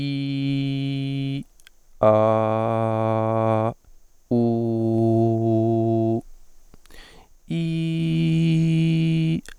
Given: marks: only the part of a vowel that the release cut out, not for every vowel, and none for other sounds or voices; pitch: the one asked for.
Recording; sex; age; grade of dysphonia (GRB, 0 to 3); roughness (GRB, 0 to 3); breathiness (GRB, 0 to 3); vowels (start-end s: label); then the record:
sustained vowels; male; 20 to 29 years; 0; 0; 0
0.00-1.29 s: vowel /i/, normal pitch
2.20-3.55 s: vowel /a/, normal pitch
4.59-5.82 s: vowel /u/, normal pitch
7.72-9.20 s: vowel /i/, high pitch
From the record:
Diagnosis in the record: healthy voice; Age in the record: 28 years